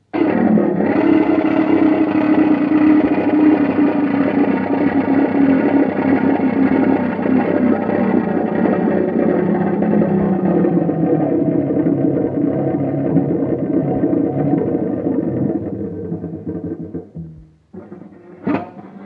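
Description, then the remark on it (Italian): A frog-like croaking intonarumori noise instrument plays the piece Gracidatore, droning loud and unbroken for about sixteen seconds, a buzzy, rasping growl with a low wavering pitch, before breaking off into a couple of short final rasps. “Il quarto brano, rumorista, ha a che fare con le rane e si intitola Gracidatore.”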